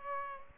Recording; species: mosquito wingbeat signal from an infrared sensor; Culex pipiens